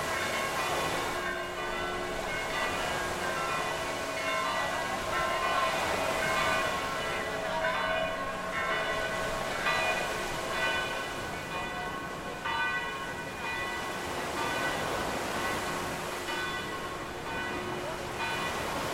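Church bells ring steadily in the distance, their tones overlapping, while a constant wash of heavy surf roars underneath without pause.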